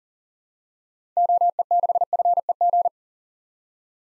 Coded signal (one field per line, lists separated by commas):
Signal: Morse code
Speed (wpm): 40 wpm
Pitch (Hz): 700 Hz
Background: none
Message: OE6FEG